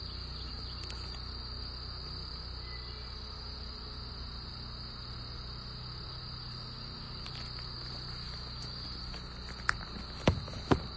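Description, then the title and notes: Cicada chorus: a continuous, even, high droning tone, with a few sharp clicks near the end. Periodical cicadas (Magicicada) in the DMV, Eastern North America, emerging every 13–17 years; a cicada symphony recorded by a friend, Heather. "The Cicada Issue. cicada symphony recorded by my sweet friend Heather. Magicicada, or periodical cicadas"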